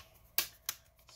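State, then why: Seated. The plastic bottom cover of a Dell Inspiron 15 5584 laptop is pressed back onto the chassis. Its clips snap into place with two sharp clicks at 0.4 s and 0.7 s, followed by faint small knocks. The cover seats back together.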